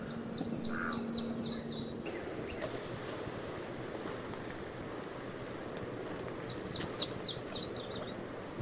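Yellow-throated warbler song: a quick series of high, slurred down-sweeping whistles that fall slightly in pitch, given twice, with a low steady hum and faint background noise.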